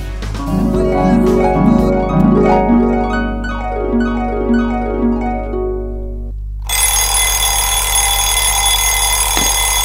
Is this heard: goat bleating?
no